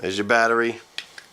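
Someone talks while holding a battery beside the open battery compartment of a TAKSTAR SGC-598 shotgun microphone. Two short handling clicks follow at about 1.0 s and 1.2 s. The battery has not seated in the compartment yet.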